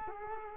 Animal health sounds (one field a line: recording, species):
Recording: mosquito wingbeat signal from an infrared sensor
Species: Culex quinquefasciatus